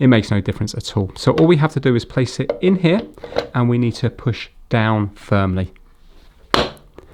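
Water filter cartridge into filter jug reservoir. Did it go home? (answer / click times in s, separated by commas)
yes / 6.5 s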